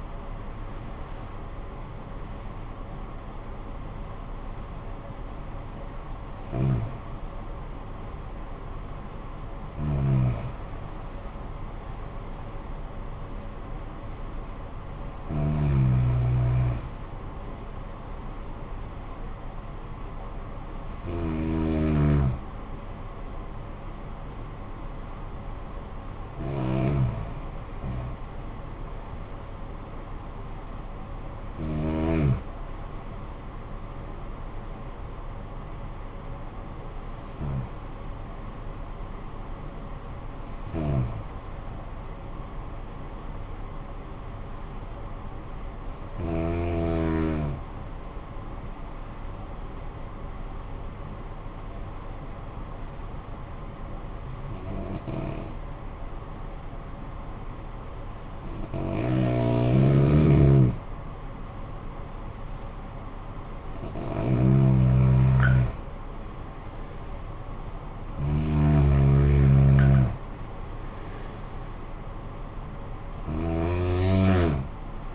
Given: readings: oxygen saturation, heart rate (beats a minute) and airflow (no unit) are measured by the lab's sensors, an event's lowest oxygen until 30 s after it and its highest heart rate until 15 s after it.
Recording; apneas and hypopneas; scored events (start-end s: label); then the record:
breathing in sleep by a smartphone at the bedside; 1
33.00-62.40 s: hypopnea (N1, oxygen 96% highest, then 88% lowest, heart rate 55 at the start, 63 highest)
From the record:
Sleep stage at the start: N1 (lightest sleep); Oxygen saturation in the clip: 75 to 96%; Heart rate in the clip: 50 to 63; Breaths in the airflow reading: 15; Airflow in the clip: -15.2 to 11.1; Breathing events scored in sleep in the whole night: 445 in 7.6 hours asleep